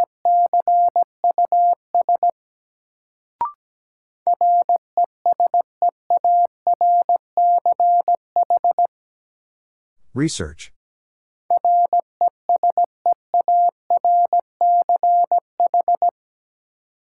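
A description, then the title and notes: A Morse code message beeps out as a steady, mid-pitched tone keyed in quick dots and dashes, in three bursts separated by pauses. A short click sounds near three and a half seconds, and a brief scraping, rising noise interrupts around ten seconds. First, the word is sent in Morse code. 17wpm.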